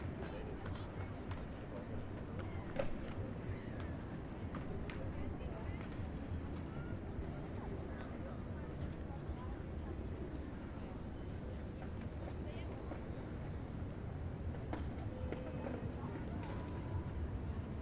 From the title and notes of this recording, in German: Alexander Platz Berlin 2010 by Alejandro Cornejo Montibeller.